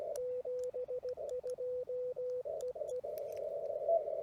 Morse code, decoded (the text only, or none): 72 EE